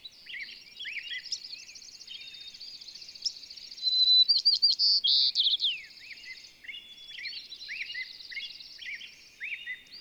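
Bird song of continuous rapid twittering and trills with a louder midway burst of whistled notes, then softer chirps and slurred calls.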